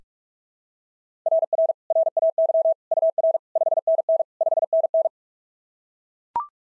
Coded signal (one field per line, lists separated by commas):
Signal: Morse code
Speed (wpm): 40 wpm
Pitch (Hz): 660 Hz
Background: none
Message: RR RAY UR 5NN 5NN